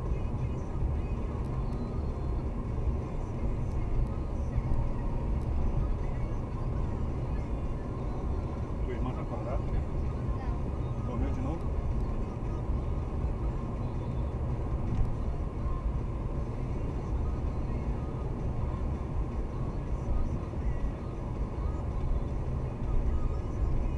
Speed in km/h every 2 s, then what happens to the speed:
118, 120, 119, 120, 120, 121, 123, 123, 124, 124, 121, 119.
0-24 steady at about 120.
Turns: none.